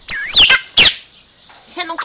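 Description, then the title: Chopi Blackbird song: a loud descending whistle and a sharp squeaky note, followed by softer twittering and a final bright note. "Passaro Preto"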